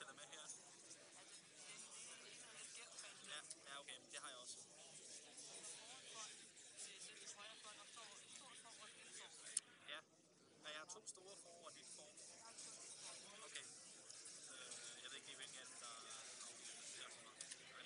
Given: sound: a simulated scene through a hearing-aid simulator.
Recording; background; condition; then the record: conversation; cafeteria; -4 dB SNR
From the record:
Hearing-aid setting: III (slow-acting compression, loudness normalization, advanced features for about 2.5 dB of SNR improvement); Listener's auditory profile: C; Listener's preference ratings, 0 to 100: 8, 47, 7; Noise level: 65 dB SPL